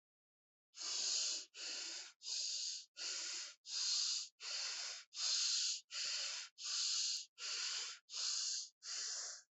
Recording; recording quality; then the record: shallow breathing; excellent, no background noise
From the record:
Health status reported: recovered from COVID-19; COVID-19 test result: positive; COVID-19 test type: RT-PCR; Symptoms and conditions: loss of smell and taste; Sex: female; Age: 22 years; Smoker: no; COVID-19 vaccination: both doses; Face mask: not worn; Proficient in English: yes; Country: India